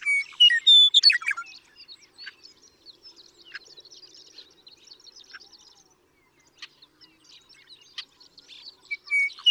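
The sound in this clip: Western meadowlark opening with a loud, gurgling whistled phrase. Chattering and chirps from other birds follow, and another loud phrase starts just as the recording ends.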